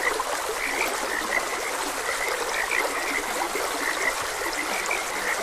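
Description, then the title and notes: Many frogs croak together in rapid, overlapping bursts while water trickles and rushes continuously underneath. Frogs croaking beside a gentle stream. "Frogs Croaking. Sleep and Relaxation Podcast"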